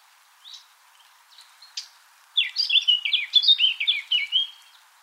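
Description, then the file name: Eurasian blackcap song: a few soft scattered notes, then a rapid, loud, warbling phrase of varied chirps lasting about two seconds. "Sylvia atricapilla"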